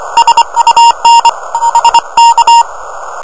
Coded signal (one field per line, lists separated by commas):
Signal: Morse code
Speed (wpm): 24 wpm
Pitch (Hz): 930 Hz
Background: none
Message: SUN HK